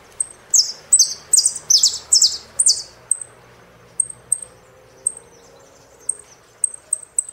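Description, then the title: Saffron finch song: a string of loud downslurred phrases, then high single chips at irregular intervals. "Jilguero Argentino"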